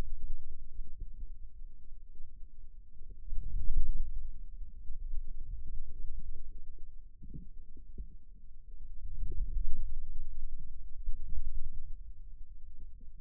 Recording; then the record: forearm muscle sounds (acoustic myography)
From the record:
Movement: outward rotation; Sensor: system 2, bracelet of six BSWA MPA416 microphones around the upper forearm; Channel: 2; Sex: male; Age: 22 years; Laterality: right